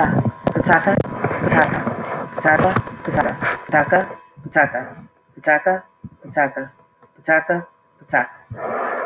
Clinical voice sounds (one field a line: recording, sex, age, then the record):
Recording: repeated syllables /pa ta ka/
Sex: female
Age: 40 to 49 years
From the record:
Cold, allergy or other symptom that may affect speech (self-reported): no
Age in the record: 43 years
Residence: Virginia, United States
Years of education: 14